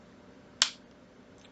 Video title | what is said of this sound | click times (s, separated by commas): Fun Friday - Game Night - GMM Guess Who? - A Melissa Moment Episode #811 | okay and then you're going to hear it click | 0.6 s